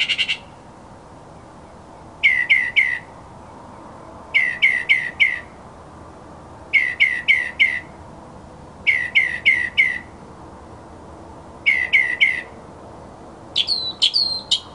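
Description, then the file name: Mockingbird song: bursts of three or four rapid, sharp notes repeated about every two seconds, ending with a few higher, rising whistles. Masteran (tutor) recording for training songbirds. "suara masteran mockingbird"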